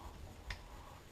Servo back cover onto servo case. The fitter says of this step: it just was gonna snap right into place there